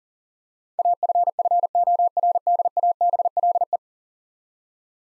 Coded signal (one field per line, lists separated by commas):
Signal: Morse code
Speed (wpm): 40 wpm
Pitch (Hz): 700 Hz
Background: none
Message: AFFORDABLE